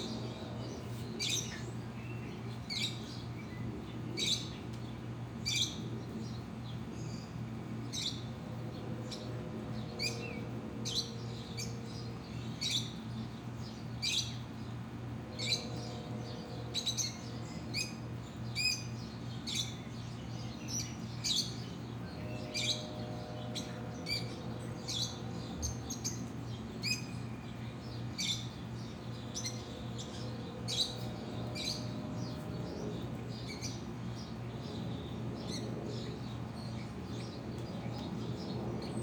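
Birds chirp in short, frequent bright bursts over a steady low hum, with brief wavering mid-pitch tones drifting in now and then.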